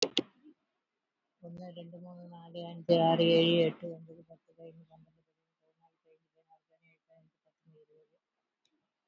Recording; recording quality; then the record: counting at a fast pace; moderate, slight background noise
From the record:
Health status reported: healthy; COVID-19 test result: not tested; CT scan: not taken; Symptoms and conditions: breathing difficulty, hypertension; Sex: female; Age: 73 years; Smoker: no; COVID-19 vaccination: both doses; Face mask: worn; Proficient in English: yes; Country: India